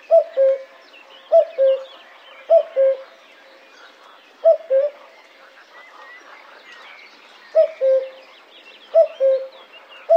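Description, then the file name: Common cuckoo calling cu-coo over and over, a falling two-note phrase, with a short pause midway and quiet birds chirping behind. "cuculo"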